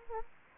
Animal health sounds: mosquito wingbeat signal from an infrared sensor; Anopheles gambiae

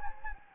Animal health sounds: mosquito wingbeat signal from an infrared sensor; Anopheles gambiae

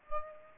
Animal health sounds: mosquito wingbeat signal from an infrared sensor; Aedes aegypti

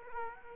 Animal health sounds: mosquito wingbeat signal from an infrared sensor; Aedes aegypti

